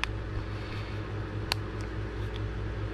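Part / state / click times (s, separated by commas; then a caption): smart key fob back shell onto front shell / seated / 0.0 s, 1.5 s. After the coin battery is changed in a 2019 Nissan Murano 5-button smart key, the plastic back half of the fob is set onto the front half and squeezed until the housing snaps shut. Sharp plastic snaps are heard at 0.0 s and 1.5 s, with a fainter tick at 2.4 s, over a steady low hum. The two fob halves are seated together.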